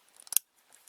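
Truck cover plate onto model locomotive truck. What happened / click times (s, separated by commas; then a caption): The small plastic cover plate snapped into place / 0.4 s. A plastic cover plate is threaded over the pickup on an Atlas Classic RS-3 model locomotive truck and pressed down until it snaps into place. A few faint plastic ticks lead up to one sharp, bright snap at 0.4 s, followed by quieter light handling sounds. The cover plate is seated.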